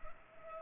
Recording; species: mosquito wingbeat signal from an infrared sensor; Culex pipiens